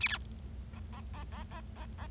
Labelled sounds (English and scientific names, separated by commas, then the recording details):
Bengalese Finch (Lonchura striata domestica) song
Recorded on 25 March 2012 at 15:43
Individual gy6or6